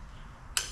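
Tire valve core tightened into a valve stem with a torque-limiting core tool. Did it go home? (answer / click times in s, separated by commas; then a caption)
yes / 0.6 s. A tire valve core is tightened into a freshly installed, lubricated valve stem with a torque-limiting core tool until the tool reaches its set torque. After a low, quiet stretch, one sharp, bright click lands at 0.6 s as the tool clicks off, confirming the core is torqued.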